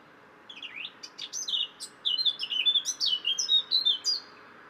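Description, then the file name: Eurasian blackcap song: a fast, varied warble of scratchy chatter rising into clearer fluty whistled notes, running almost continuously for about four seconds. "Sylvia atricapilla"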